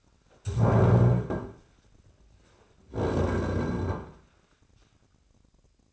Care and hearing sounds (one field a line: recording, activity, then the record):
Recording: daily activity, microphone in the room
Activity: stand up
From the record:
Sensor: 2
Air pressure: 1009.1 hPa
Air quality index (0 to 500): 169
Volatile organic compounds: 2 ppm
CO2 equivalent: 1238 ppm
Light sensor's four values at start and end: 38/104/43/49 and 42/113/47/53